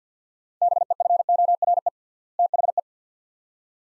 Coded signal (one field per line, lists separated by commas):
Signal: Morse code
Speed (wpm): 50 wpm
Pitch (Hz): 700 Hz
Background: none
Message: BEFORE THE